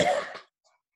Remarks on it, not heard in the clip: I had some coughing fits that are uncontrollable. Mucus draining down the back of my throat, and it activates my coughing?